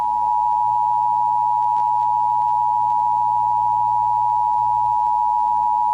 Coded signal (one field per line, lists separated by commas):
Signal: Emergency Alert System (SAME) tones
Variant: 853 and 960 Hz attention tone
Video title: Nuclear Apocalypse - WW3 EAS Scenario (REUPLOAD)